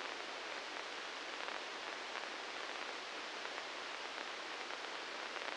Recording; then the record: brain microelectrode recording played as sound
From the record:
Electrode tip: inside the subthalamic nucleus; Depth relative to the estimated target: -2 mm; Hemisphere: right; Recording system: NeuroSet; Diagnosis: Parkinson's disease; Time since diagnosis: 19 years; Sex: female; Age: 69 years